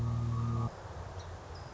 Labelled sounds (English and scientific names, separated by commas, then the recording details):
Song Sparrow (Melospiza melodia)
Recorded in Sonoma County, California